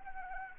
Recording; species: mosquito wingbeat signal from an infrared sensor; Anopheles arabiensis